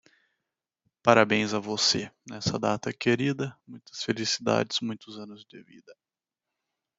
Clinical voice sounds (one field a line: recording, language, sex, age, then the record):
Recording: short text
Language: Brazilian Portuguese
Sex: male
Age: 20 to 29 years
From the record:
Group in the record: control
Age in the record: 21 years